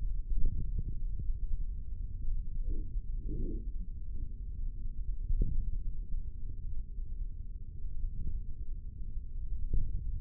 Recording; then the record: forearm muscle sounds (acoustic myography)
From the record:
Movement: index flexion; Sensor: system 3, bracelet of six PUI Audio POM-2738L microphones around the upper forearm, with dedicated amplification and filtering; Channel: 5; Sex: male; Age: 55 years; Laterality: right